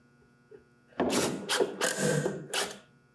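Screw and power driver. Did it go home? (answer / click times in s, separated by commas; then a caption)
no / 1.0 s. A longer 2-inch wood screw is driven into an already stripped hole in a 1x6 pine framing joint to try to get grip, with a sharp onset at 1.0 s followed by bursts of whirring driving at about 1.5, 1.8 and 2.5 s. The screw strips out too and fails to hold.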